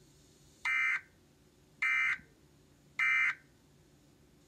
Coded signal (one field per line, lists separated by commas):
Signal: Emergency Alert System (SAME) tones